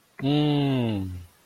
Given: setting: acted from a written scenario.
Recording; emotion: vocal sound without words; sympathy